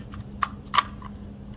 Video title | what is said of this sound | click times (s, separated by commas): Nôi em bé Graco Playard Nappe - HDSD | and then pushing it down into place and it'll snap into place there we we go | 0.4 s